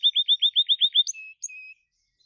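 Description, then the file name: Gloster canary singing a quick run of repeated chirps, followed by a short steady whistle and a thin held tone. "canto do canario gloster"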